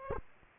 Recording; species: mosquito wingbeat signal from an infrared sensor; Aedes aegypti